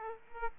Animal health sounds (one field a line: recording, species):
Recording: mosquito wingbeat signal from an infrared sensor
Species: Aedes aegypti